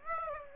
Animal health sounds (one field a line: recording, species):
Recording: mosquito wingbeat signal from an infrared sensor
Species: Aedes aegypti